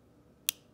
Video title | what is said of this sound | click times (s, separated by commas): Colt Cobra Classic (Talo Edition) Unboxing & Tabletop Review | There's another click, but it's not ready to be cycled again. | 0.5 s